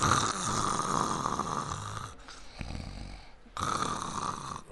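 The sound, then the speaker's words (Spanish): A voice imitates loud snoring in two long, rasping inhalations, the first lasting about two seconds, separated by a quieter, breathy pause with no talking. “Oye, ¿alguien ha llegado a roncar?”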